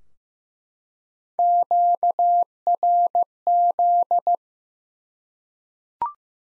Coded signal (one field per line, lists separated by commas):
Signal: Morse code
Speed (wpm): 15 wpm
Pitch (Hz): 700 Hz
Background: none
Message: QRZ